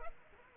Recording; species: mosquito wingbeat signal from an infrared sensor; Culex pipiens